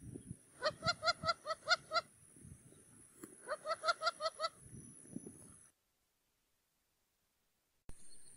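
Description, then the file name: Wattled jacana giving harsh, rapid chatter in two short bursts of six or seven notes each, with low rumbles and a thin steady whine behind. Song (canto). "CANTO-DO-JAÇANÂ-Jacana-jacana-Wattled-Jacana"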